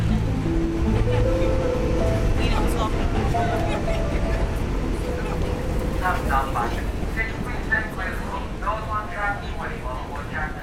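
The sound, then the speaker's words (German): A subway train heading to Brooklyn rides along with a loud, steady low rumble and clatter, a tonal motor whine sounding at the start, and muffled voices rising over the noise in the latter half. “Ich fahre mit der U-Bahn nach Brooklyn zur Manufaktur.”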